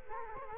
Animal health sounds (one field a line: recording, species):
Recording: mosquito wingbeat signal from an infrared sensor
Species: Culex quinquefasciatus